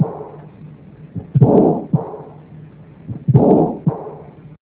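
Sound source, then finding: Heart by stethoscope. Heart murmur.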